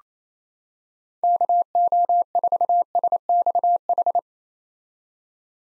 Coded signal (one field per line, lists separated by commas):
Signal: Morse code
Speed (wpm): 28 wpm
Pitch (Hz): 700 Hz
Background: none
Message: KO4SXH